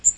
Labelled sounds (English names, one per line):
Magnolia Warbler flight call